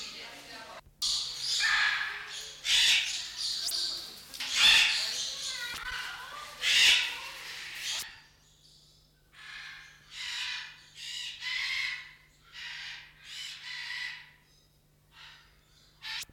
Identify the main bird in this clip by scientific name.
Calyptorhynchus banksii